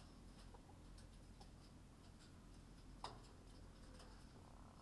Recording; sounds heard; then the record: poultry house recording; sick chickens (respiratory disease)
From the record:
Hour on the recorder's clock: 19